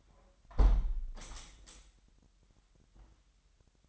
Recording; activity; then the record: daily activity, microphone in the room; close window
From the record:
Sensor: 3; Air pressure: 997.9 hPa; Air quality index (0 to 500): 133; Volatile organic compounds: 4 ppm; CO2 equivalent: 1582 ppm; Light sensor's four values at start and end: 14/41/17/15 and 14/42/17/15